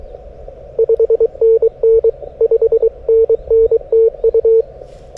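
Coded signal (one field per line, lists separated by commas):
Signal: Morse code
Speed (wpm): 23 wpm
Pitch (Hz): 450 Hz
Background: none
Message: 5NN 5NN TU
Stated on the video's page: CW POTA activation from Sanriku Fukko National Park on 40m and 30m, Yaesu FTX-1F at 5W, RHM12 antenna, BaMaKeY TP-III paddle.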